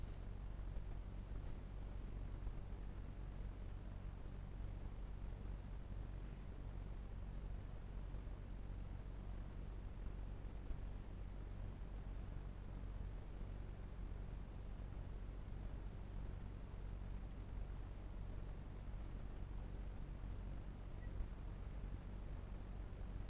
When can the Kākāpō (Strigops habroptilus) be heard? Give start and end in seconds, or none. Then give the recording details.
none. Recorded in New Zealand. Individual Barnard